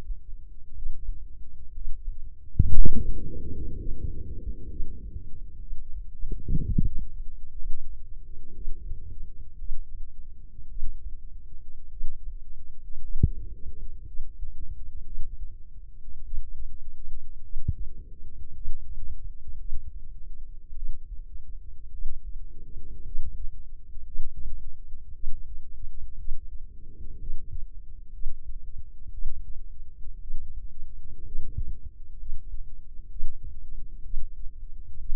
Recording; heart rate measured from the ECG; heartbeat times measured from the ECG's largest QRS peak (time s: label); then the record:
heart sounds by microphone in the left ear; 58 bpm
0.73 s: heartbeat
1.72 s: heartbeat
2.72 s: heartbeat
3.76 s: heartbeat
4.68 s: heartbeat
5.58 s: heartbeat
6.63 s: heartbeat
7.54 s: heartbeat
8.52 s: heartbeat
9.56 s: heartbeat
10.67 s: heartbeat
11.88 s: heartbeat
13.00 s: heartbeat
14.03 s: heartbeat
15.02 s: heartbeat
16.21 s: heartbeat
17.40 s: heartbeat
18.52 s: heartbeat
19.56 s: heartbeat
20.72 s: heartbeat
21.89 s: heartbeat
23.02 s: heartbeat
24.03 s: heartbeat
25.11 s: heartbeat
26.15 s: heartbeat
27.17 s: heartbeat
28.10 s: heartbeat
29.09 s: heartbeat
30.18 s: heartbeat
31.22 s: heartbeat
32.15 s: heartbeat
33.07 s: heartbeat
34.01 s: heartbeat
34.96 s: heartbeat
From the record:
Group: healthy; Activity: rest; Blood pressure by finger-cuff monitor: 113/74 mmHg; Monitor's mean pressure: 84 mmHg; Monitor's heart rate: 58 bpm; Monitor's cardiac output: 4.7 L/min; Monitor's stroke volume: 83 mL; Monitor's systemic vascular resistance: 1340 dyn s/cm5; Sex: female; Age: 23 years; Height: 160 cm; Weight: 50.4 kg